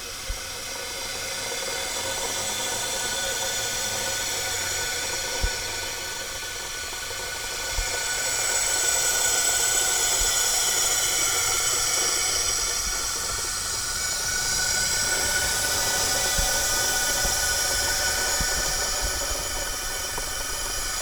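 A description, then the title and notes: A gas meter hisses steadily, a dense, even rush that leans bright, with a faint thin whine riding high above it in the middle of the clip. The sound swells slightly from about eight to fourteen seconds, and a few light clicks and taps break in. Gas meter at Rideau Terrace in Lindenlea-New Edinburgh. Each time I walk by this gas meter I am mesmerized by its unique sound : an enchanting ‘hiss’ that pulsates in a musical way.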